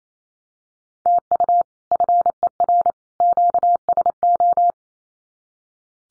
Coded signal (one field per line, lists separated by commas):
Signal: Morse code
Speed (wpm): 28 wpm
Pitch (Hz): 700 Hz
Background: none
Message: TU FER QSO